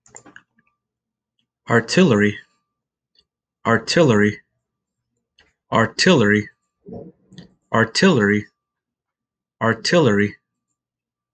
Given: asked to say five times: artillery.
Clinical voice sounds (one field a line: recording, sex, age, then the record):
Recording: repeated word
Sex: male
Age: 30 to 39 years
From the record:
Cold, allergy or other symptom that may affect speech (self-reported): no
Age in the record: 33 years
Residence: California, United States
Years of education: 20